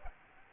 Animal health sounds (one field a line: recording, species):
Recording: mosquito wingbeat signal from an infrared sensor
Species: Aedes aegypti